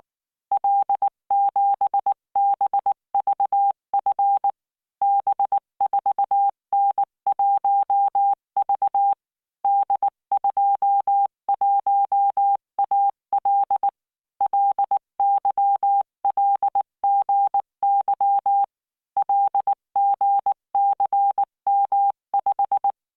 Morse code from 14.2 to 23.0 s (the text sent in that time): LYLGY LGCM5